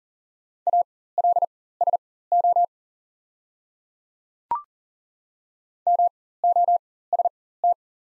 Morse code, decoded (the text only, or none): ALSO MOST